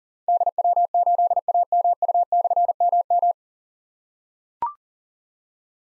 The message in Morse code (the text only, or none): DW8AMU/MM